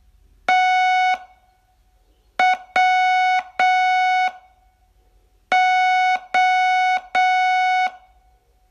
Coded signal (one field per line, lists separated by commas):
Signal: Morse code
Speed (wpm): 7 wpm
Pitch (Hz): 740 Hz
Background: none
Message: TWO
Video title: Learn Morse in 42 Days from VU2LAU - day 9